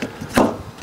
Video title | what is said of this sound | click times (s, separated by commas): Rear wiper blade on a Fiat 500 or Abarth - How to change. Rear Windshield Wiper - How to Series | slot it in push it home till it clicks | 0.4 s